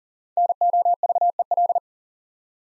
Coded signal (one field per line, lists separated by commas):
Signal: Morse code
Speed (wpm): 42 wpm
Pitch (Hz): 700 Hz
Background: none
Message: NOVEL